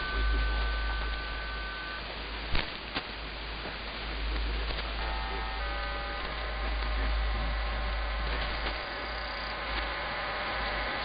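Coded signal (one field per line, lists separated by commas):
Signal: numbers station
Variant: HM01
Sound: faint steady tones, a few then several together, buried in loud hiss and static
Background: radio static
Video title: 18 08 2021 Number station Cuban HM01 in Spanish to Eu,Am 0715 on 9330 Bejical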